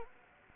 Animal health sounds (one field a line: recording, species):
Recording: mosquito wingbeat signal from an infrared sensor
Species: Anopheles gambiae